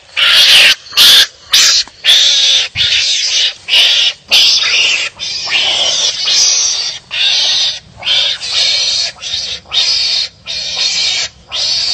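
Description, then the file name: Mongoose giving harsh, breathy rasps in a steady series, short bursts first and then longer ones, separated by short pauses. "tieng cay mangut keu"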